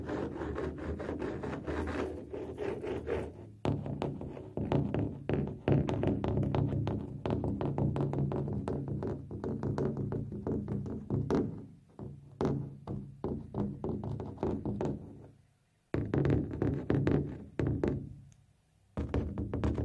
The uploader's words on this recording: TimASMR-Scratching, Rubbing, and Brushing on a Drum (NO TALKING).